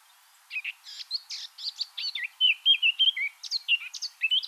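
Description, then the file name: Eurasian blackcap song: a scratchy, chattering warble of quick notes that turns into clear, fluty whistled phrases toward the end, over faint background hiss. "Sylvia atricapilla"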